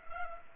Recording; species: mosquito wingbeat signal from an infrared sensor; Culex pipiens